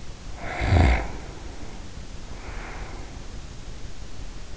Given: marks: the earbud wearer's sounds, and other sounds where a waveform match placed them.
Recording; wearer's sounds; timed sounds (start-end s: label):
sounds in sleep by an in-ear microphone; snoring breath
0.17-3.29 s: snoring breath